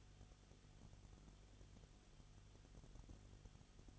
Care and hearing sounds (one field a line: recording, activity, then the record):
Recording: daily activity, microphone in the room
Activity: no activity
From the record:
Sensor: 4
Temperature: 22.7 degrees Celsius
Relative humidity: 31.7%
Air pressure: 995.4 hPa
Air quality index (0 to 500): 159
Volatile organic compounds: 2 ppm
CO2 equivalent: 1259 ppm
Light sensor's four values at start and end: 2/3/1/1 and 2/3/1/1